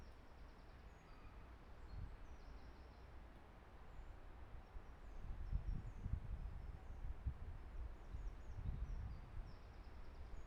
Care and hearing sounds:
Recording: everyday scene through a hearing-aid microphone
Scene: wind on the microphone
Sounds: gentle breeze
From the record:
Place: parking lot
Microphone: behind the ear, left, front

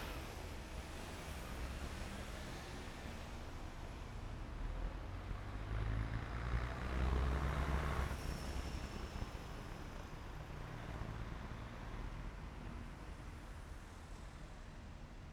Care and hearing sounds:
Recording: everyday scene through a hearing-aid microphone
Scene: in traffic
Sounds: traffic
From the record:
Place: main city hub, rush hour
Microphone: behind the ear, right, front

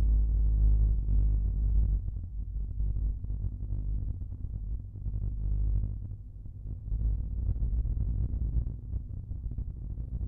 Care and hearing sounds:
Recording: everyday scene through a hearing-aid microphone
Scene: in a vehicle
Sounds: engine, rumble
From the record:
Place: Skoda Fabia, gasoline engine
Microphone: behind the ear, right, rear

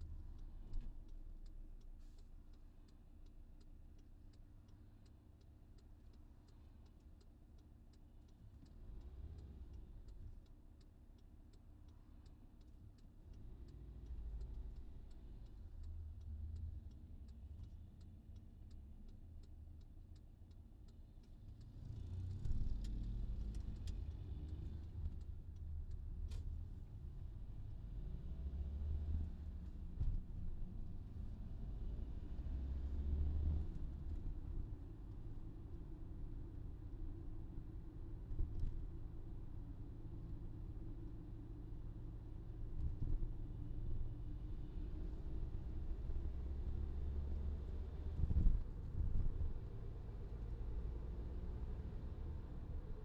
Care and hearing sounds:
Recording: everyday scene through a hearing-aid microphone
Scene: in a vehicle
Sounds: engine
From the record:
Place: VW T5 Caravelle, diesel engine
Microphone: in the ear canal, left

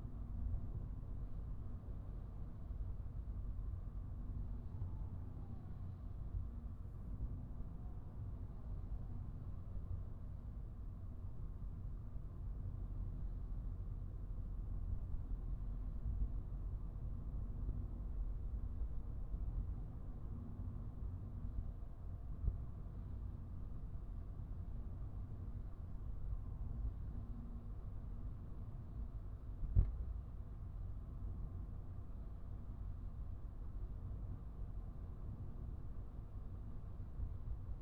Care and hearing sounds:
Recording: everyday scene through a hearing-aid microphone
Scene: in a vehicle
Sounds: engine, traffic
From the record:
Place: Skoda Fabia, gasoline engine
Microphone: behind the ear, right, rear

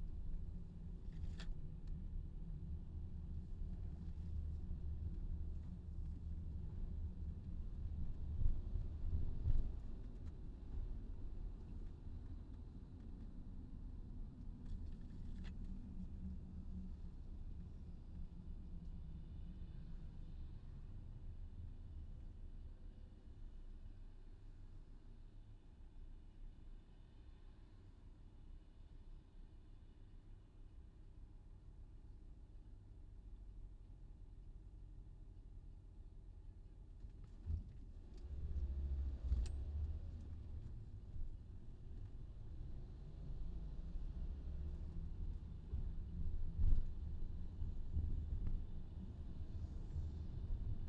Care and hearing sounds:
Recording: everyday scene through a hearing-aid microphone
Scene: in a vehicle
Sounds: engine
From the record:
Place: VW T5 Caravelle, diesel engine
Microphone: in the ear canal, left

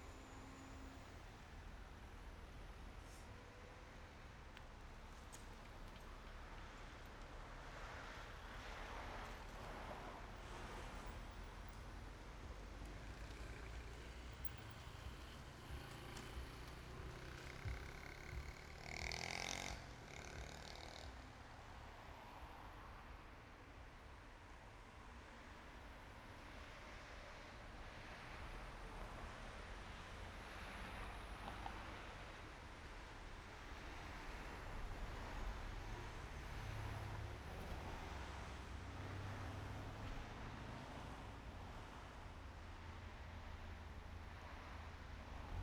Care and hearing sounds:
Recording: everyday scene through a hearing-aid microphone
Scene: in traffic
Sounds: traffic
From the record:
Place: main road on the outskirts, rush hour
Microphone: behind the ear, right, front

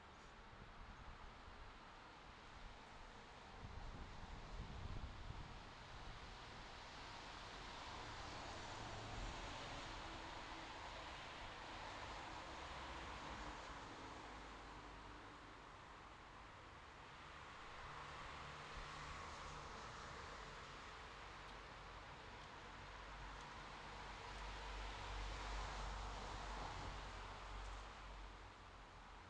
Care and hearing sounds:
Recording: everyday scene through a hearing-aid microphone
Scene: in traffic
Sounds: traffic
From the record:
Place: bus stop on a city main road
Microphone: in the ear canal, left

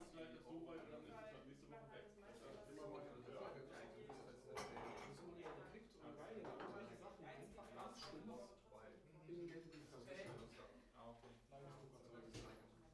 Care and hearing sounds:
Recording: everyday scene through a hearing-aid microphone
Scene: many people talking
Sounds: many voices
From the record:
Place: bistro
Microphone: behind the ear, right, front

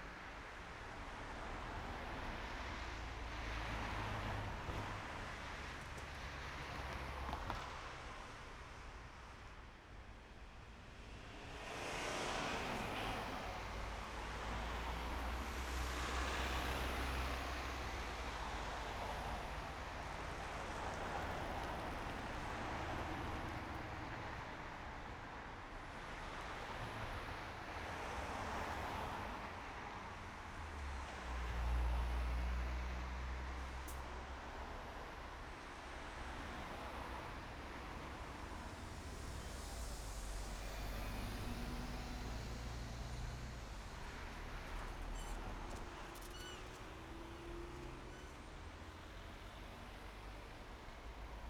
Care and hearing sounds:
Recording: everyday scene through a hearing-aid microphone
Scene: in traffic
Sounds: traffic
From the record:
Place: main road on the outskirts, rush hour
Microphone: behind the ear, right, front

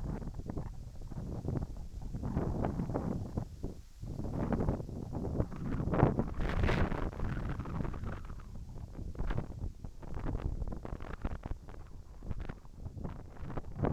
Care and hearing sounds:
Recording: everyday scene through a hearing-aid microphone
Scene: wind on the microphone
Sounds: wind, whistling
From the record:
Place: in front of a rural house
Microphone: behind the ear, right, front

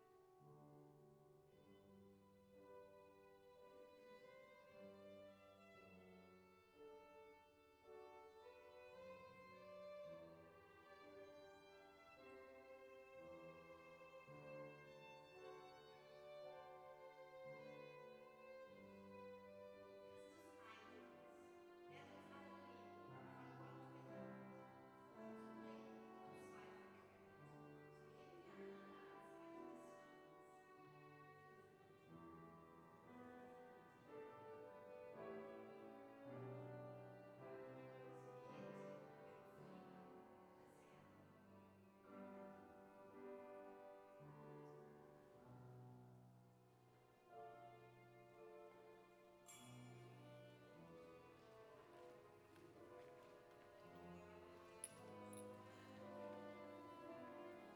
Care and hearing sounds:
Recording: everyday scene through a hearing-aid microphone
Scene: reverberant space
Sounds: music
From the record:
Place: church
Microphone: behind the ear, left, rear

